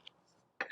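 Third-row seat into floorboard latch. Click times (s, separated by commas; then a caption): 0.6 s. A folded and tumbled third-row seat in a 2022–2025 Lexus LX 600 is pressed back down into the latch in the floorboard. A faint tick sounds at 0.1 s, then a loud click at 0.6 s as the seat seats into the floor latch.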